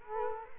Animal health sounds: mosquito wingbeat signal from an infrared sensor; Culex quinquefasciatus

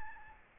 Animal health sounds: mosquito wingbeat signal from an infrared sensor; Aedes albopictus

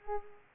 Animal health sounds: mosquito wingbeat signal from an infrared sensor; Culex pipiens

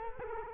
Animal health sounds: mosquito wingbeat signal from an infrared sensor; Culex quinquefasciatus

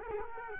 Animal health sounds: mosquito wingbeat signal from an infrared sensor; Culex quinquefasciatus

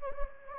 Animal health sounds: mosquito wingbeat signal from an infrared sensor; Anopheles gambiae

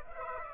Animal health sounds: mosquito wingbeat signal from an infrared sensor; Aedes aegypti

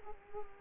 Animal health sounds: mosquito wingbeat signal from an infrared sensor; Culex quinquefasciatus

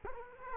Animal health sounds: mosquito wingbeat signal from an infrared sensor; Culex quinquefasciatus

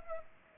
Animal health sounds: mosquito wingbeat signal from an infrared sensor; Culex pipiens

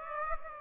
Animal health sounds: mosquito wingbeat signal from an infrared sensor; Aedes aegypti

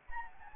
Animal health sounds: mosquito wingbeat signal from an infrared sensor; Anopheles gambiae

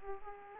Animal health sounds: mosquito wingbeat signal from an infrared sensor; Aedes aegypti

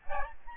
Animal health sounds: mosquito wingbeat signal from an infrared sensor; Aedes albopictus

